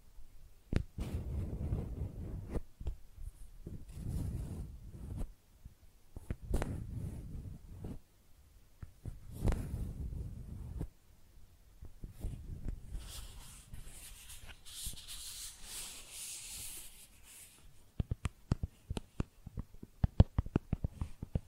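Makeup items are tapped and scratched in soft, low thumping bursts, then a bright hiss around 13–17 seconds, ending in rapid sharp clicks.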